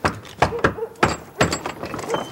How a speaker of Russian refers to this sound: Новая сцена. Гоцман стучит в дверь квартиры Норы.